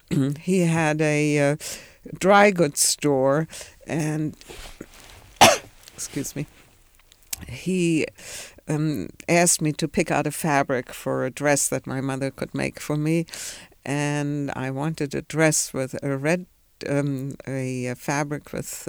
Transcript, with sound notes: He had a dry goods store and ( she coughs ) he asked me to pick out a fabric for a dress that my mother could make for me, and I wanted a dress with a red, a fabric with